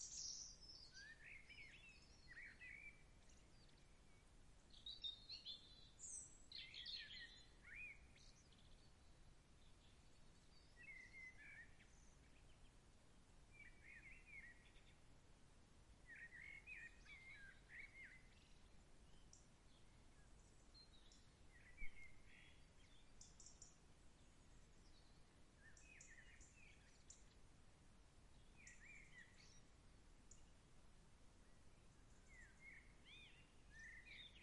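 Birds chirp and twitter in short bright bursts throughout, several calling at once over a steady low rumble, with one sharp click near twenty-two seconds.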